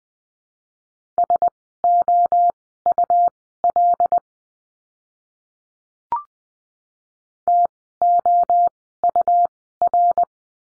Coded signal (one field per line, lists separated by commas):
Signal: Morse code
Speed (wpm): 20 wpm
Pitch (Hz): 700 Hz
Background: none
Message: SOUL TOUR